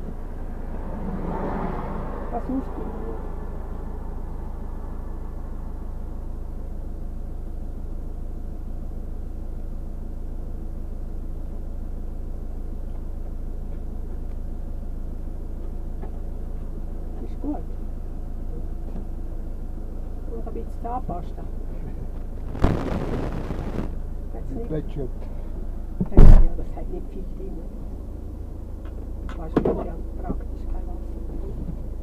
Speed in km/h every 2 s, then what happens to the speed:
0, 0, 0, 0, 0, 0, 0, 0, 0, 0, 0, 0, 0, 0, 0, 0.
0-32 standing.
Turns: none.